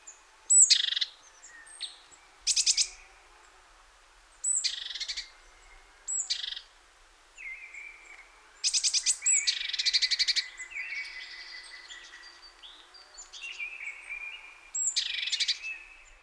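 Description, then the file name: Great tit calls: sharp high chips and buzzy rattles, with a few longer level whistled notes, given in irregular bursts every couple of seconds. "Parus major"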